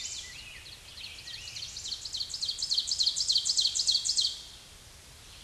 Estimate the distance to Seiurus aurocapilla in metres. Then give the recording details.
about 15 m. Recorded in a Pennsylvania forest on 16 May 2024 at 07:15. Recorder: AudioMoth, point MSD-2376. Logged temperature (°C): 16.7 °C. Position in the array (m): 145 m, 3 m